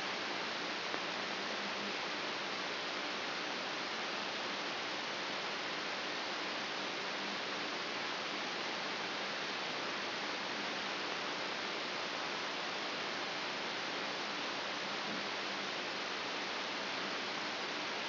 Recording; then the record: brain microelectrode recording played as sound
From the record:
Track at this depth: outside the subthalamic nucleus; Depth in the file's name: 5.419 mm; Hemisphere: left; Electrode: 3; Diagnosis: Parkinson's disease